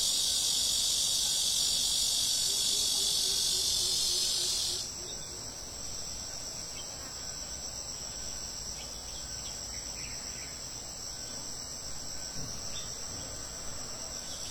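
Summer cicadas drone in a dense, bright, steady wash for the first five seconds, then abruptly cut out. After that only a quieter, thin high hum and a soft low rumble remain, with a few faint clicks scattered through to the end.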